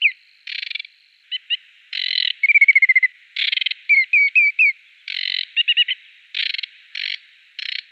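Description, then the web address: Aquatic warbler song: harsh rattling buzzes alternating with short series of clear, slightly descending whistled notes, phrases repeated in quick succession with brief pauses. "Schulze Peter Aquatic Warbler song"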